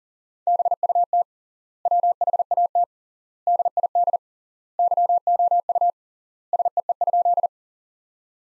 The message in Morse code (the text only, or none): BUT WHAT DID YOU SEE?